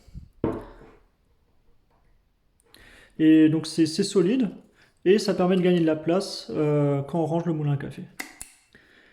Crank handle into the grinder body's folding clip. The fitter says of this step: finalement je trouve ça vraiment pas mal on a juste à lever la manivelle ça se clipse après